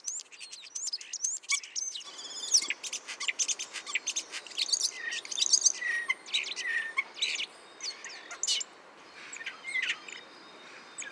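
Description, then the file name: Common starling song, a busy jumble of clicks, rattles and high whistles, briefly quieter near the end before a few more whistles. "Spreeuw"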